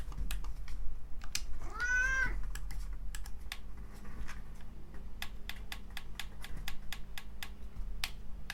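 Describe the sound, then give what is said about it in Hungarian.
A single drawn-out meow from a cat eyeing a person's water, with a rising then falling pitch, heard over steady rapid keyboard typing clicks that continue throughout against a low background hum. “Hihetetlen gyerekek a macska, tehát hogy továbbra is az én vizemre pályázik, és most végre elterült itt mellettem, egyem a szívét, nem tudom mi.”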